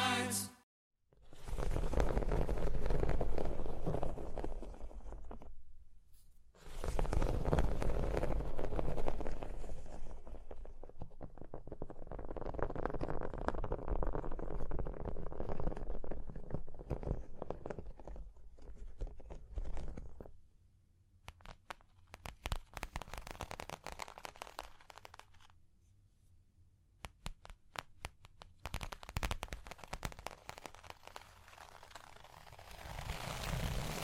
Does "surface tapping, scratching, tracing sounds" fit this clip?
yes